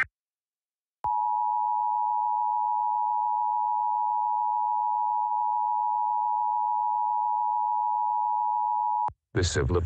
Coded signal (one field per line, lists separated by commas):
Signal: Emergency Alert System (SAME) tones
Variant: 853 and 960 Hz attention tone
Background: speech